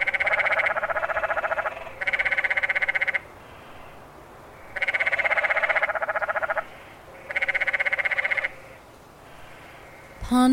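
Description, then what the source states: Canyon tree frogs give rapid buzzy trills in bursts of a second or two, separated by short pauses. Several male canyon tree frogs calling in windy conditions.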